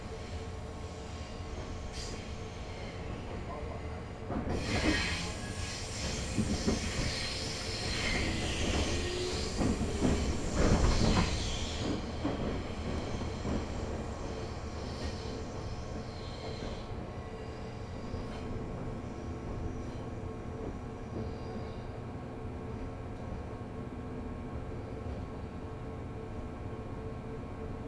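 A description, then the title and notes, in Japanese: A local train rides along the Chūō East Line with a steady low rumble and hum throughout. Between about 4 and 12 seconds the sound swells into a louder, rattling, hissing stretch with squealing wheels, then settles back to the even running drone. 中央東線 普通 韮崎→東山梨。韮崎を出てもまだ下り続けて甲府盆地に入ります。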